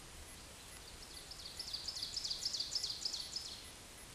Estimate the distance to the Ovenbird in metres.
about 45 m